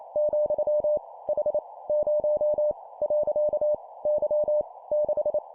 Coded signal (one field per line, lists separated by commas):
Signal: Morse code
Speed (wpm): 28 wpm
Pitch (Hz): 600 Hz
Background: none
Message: , H 0 . Y 6